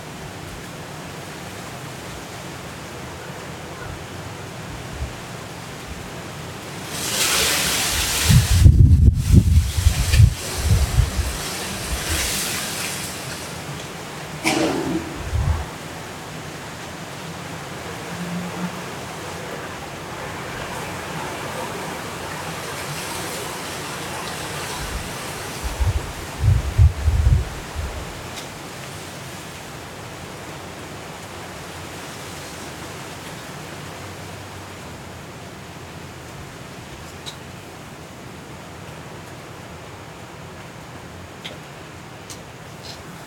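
Hurricane Kay at midnight in Los Cabos, heard as a steady rushing roar of wind and rain. Strong gusts and rumbling buffets swell around 7 to 13 seconds and again near 26 seconds. Between them a softer, even hiss carries on.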